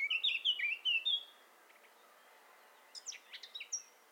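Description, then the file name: Eurasian blackcap song: a short burst of bright, fast descending notes, then a quiet stretch and a few fainter high chips near the end. "Sylvia atricapilla"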